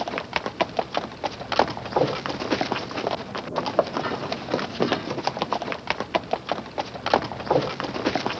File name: Horse